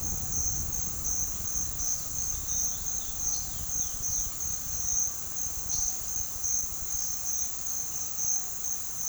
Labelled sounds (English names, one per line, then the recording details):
none
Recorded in pastures near Puerto Asís, Putumayo, Colombia, on 29 June 2025 at 15:00
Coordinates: 0.466, -76.322
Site GP07